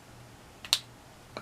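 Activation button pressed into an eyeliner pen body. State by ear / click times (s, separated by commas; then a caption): seated / 0.7 s. The plastic activation button at the top of a liquid eyeliner pen from a Lanciley magnetic eyelash kit is pressed down into the pen body. A faint tick at 0.6 s leads into one sharp, loud click at 0.7 s, and a softer click follows at 1.4 s. The button has clicked down and seated, activating the pen.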